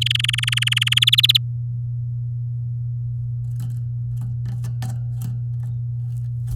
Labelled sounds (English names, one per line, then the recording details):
Domestic Canary song
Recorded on 8 May 2018 at 08:44
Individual llb16